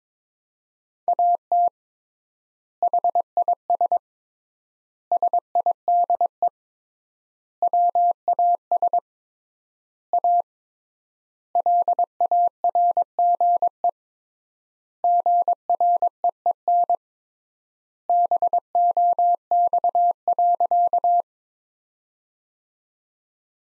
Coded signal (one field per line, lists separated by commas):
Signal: Morse code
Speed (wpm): 22 wpm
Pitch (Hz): 700 Hz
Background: none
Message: AT HIS SIDE WAS A LARGE GREEN BOX.